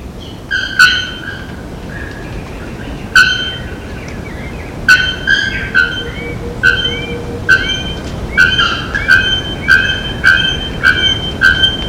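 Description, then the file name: Bare-throated bellbird calls: loud, sharp metallic bocks, irregular at first, then in a quicker, steadier series, with short curving notes between. Itatiaia National Park, Brazil, 8 October 1995. "Procnias-nudicollis-Itatiaia NP-Brazil 8-10-95-ASilveira"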